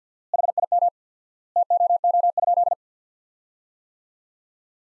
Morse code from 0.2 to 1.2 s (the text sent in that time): HIM